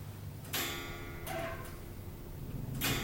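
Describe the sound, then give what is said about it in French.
A clock ticks in a quiet space, three crisp, bright clicks at uneven intervals, each with a short ringing tail, over a steady low hum. “L'horloge, je crois.”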